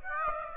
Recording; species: mosquito wingbeat signal from an infrared sensor; Aedes aegypti